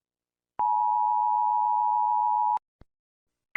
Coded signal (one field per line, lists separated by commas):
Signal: Emergency Alert System (SAME) tones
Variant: 853 and 960 Hz attention tone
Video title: EAS anti piracy screen. (ANTI PIRACY SCREEN TEST)